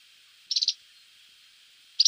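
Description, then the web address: Black-eared wheatear giving two brief bursts of three or four quick, high chirpy notes, about one and a half seconds apart, over a faint steady hiss. "Schulze Peter Black-eared Wheatear song"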